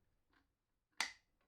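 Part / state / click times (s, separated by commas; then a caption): die set into badge press / seated / 1.0 s. A die is pushed into a badge press for a second time so it can be heard seating. After faint low handling noise, a sharp, bright click lands at 1.0 s, confirming the die is in the right place.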